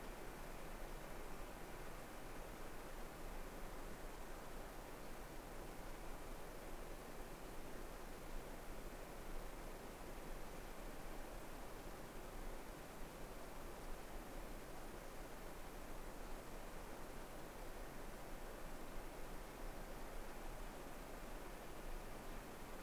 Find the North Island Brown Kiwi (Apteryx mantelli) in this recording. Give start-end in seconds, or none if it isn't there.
none